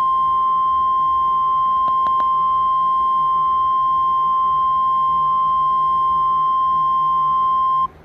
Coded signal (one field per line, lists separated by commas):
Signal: Emergency Alert System (SAME) tones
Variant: 1050 Hz attention tone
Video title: eas eaa march 9 2017